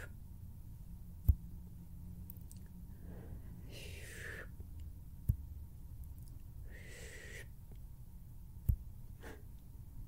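Hand and finger sounds over a steady low rumble: three sharp clicks land at about 1, 5 and 9 seconds, evenly spaced. Between them come two soft rustling swishes, one around 3–4 seconds and another near 6–7, each lasting about a second.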